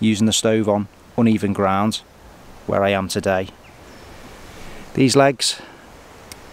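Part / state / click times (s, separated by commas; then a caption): folding canister support legs into the stove base / seated / 6.3 s. Someone talks while opening the folding metal support legs of the gas canister stand on a Fire Maple X3 stove, which steady the canister on uneven ground. A short tick is heard at 6.3 s as the legs snap into position, and they are seated.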